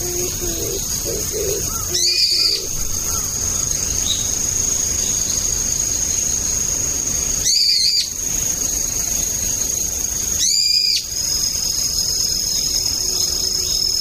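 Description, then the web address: Brown-eared bulbul uttering three shrill, screechy calls at uneven intervals, with soft low chirping notes near the start and a continuous high insect-like drone. Autumn. "sikioto. akihiyodori"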